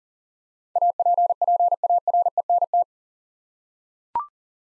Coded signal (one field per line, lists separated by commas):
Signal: Morse code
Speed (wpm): 40 wpm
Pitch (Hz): 700 Hz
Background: none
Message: APPARENT